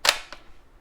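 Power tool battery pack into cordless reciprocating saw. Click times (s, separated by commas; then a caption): 0.1 s. A power tool battery pack is slid onto a Black and Decker BDCR20 cordless reciprocating saw and pushed until it latches. A sharp, bright click at 0.1 s is followed by a fainter click at 0.3 s. The battery is seated.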